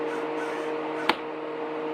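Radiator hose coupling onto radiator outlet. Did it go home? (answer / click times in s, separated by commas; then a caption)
yes / 1.1 s. A new radiator hose's plastic quick-connect fitting on a Mercedes-Benz CL500 W215 is lined up on the radiator outlet neck and pushed on. Over a steady background hum, a single sharp snap at 1.1 seconds marks the coupling seating into place.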